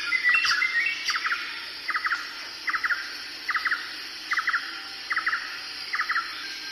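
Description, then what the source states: Bird calling in short clipped double and triple notes, repeated steadily about every 0.8 seconds, over a constant high background drone. Jungle birds.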